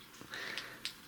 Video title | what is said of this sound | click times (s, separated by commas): The CHEAPEST Quansheng's. Is it worth taking a risk ? | When you push this into the radio, make sure you push this all the way in till it clicks. | 0.9 s